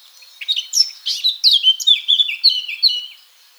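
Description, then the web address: Eurasian blackcap song, a fast scratchy warble that turns into clear, loud fluting whistles. "SETE data Sylvia atricapilla"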